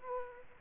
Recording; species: mosquito wingbeat signal from an infrared sensor; Aedes aegypti